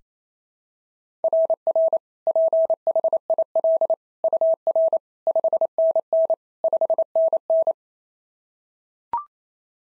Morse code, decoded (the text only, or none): RR PHIL UR 5NN 5NN